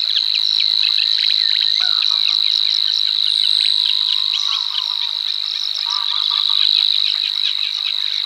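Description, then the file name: Savi's warbler reeling song, a steady high buzzy trill held throughout, with another bird's busy chattering, scratchy song layered over it. "Vassångare"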